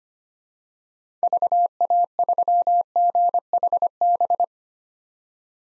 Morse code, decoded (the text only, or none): VA3GHB